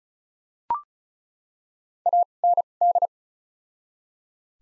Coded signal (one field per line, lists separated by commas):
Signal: Morse code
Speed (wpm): 34 wpm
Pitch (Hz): 700 Hz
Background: none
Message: A N D